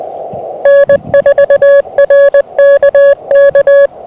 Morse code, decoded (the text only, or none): N4RKK